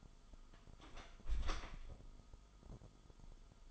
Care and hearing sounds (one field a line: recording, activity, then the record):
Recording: daily activity, microphone in the room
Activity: close door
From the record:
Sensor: 5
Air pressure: 1005.1 hPa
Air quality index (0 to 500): 95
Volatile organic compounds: 2 ppm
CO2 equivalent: 1152 ppm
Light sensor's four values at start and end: 34/79/32/30 and 34/80/32/30